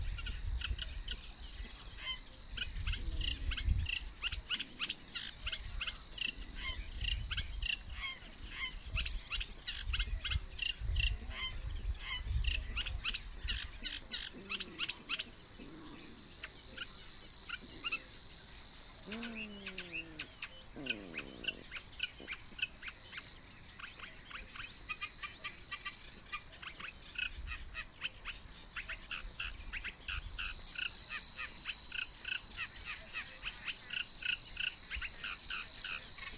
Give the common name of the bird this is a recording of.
Eurasian Reed Warbler